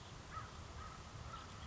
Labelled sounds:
House Finch (Haemorhous mexicanus)
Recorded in Sonoma County, California

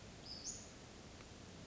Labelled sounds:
Western Flycatcher (Empidonax difficilis)
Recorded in Sonoma County, California

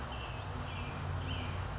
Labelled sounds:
Western Tanager (Piranga ludoviciana)
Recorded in Sonoma County, California

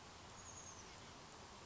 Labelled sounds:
Chestnut-backed Chickadee (Poecile rufescens)
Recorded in Sonoma County, California

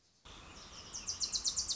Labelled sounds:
Wilson's Warbler (Cardellina pusilla)
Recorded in Sonoma County, California

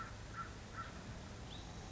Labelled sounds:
American Crow (Corvus brachyrhynchos)
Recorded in Sonoma County, California

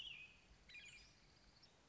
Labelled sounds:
American Robin (Turdus migratorius)
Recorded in Sonoma County, California

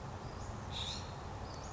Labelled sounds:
Western Flycatcher (Empidonax difficilis)
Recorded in Sonoma County, California

